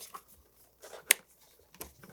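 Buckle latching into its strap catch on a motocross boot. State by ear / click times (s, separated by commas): seated / 1.1 s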